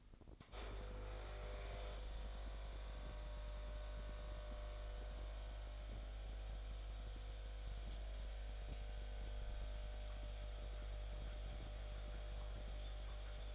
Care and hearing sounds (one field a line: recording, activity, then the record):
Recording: daily activity, microphone in the room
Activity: make coffee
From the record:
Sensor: 5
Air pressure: 1007.4 hPa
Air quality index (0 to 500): 125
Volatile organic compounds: 1 ppm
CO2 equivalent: 951 ppm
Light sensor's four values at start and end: 24/57/23/23 and 25/58/24/24